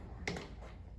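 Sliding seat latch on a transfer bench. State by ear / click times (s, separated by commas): released / 0.3 s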